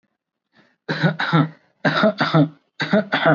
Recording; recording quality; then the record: shallow voluntary cough; excellent, no background noise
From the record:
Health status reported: recovered from COVID-19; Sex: male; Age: 24 years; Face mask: not worn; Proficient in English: yes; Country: India